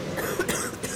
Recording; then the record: coughing mixed with background sound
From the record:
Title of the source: 30 Chesty and wet cough